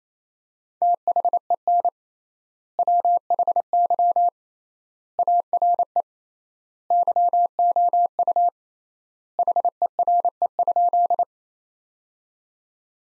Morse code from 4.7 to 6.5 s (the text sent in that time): ARE